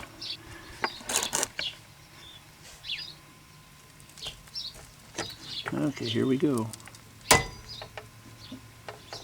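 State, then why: Torque reached. Someone talks as a click-type torque wrench set to 129 tightens the rear wheel hub bolts or axle nut on a 1998 Corvette C5 during a right rear wheel hub replacement. The wrench gives a sharp click at 7.3 s, confirming the fastener has reached its torque setting.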